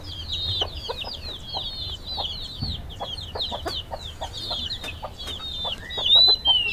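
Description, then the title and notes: Chickens giving quick low clucks at uneven intervals while a steady stream of high, falling chirps fills the background. Chicken coop in Pujilí, Ecuador, 2019, recorded during a sound residency on traditional kitchens. "Yanuna_Paisajes. CORRAL DE GALLINAS. residencia "Yanuna de sonidos, Laboratorio de experimentación y creación sonora alrededor de las cocinas tradicionales de Pujilí. " en Pujilí - Ecuador 2019"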